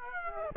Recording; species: mosquito wingbeat signal from an infrared sensor; Aedes aegypti